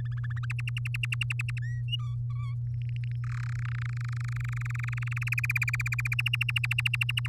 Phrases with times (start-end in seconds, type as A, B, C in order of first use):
0.05-0.45 A, 0.50-1.59 B, 1.61-1.82 C, 1.88-2.15 D, 2.30-2.54 E, 2.74-3.16 F, 3.24-3.41 G, 3.43-5.29 H, 5.32-6.14 I, 6.18-7.28 J